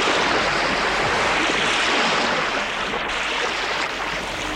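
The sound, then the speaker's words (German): A steady, dense roar of rushing water, like a stream, waterfall and surging sea, holds an even, hissing loudness throughout without pause, and no voices are heard. “Es rauschen Strom und Wasserfall. Und immer noch kein Klempner. Schon wog das Meer.”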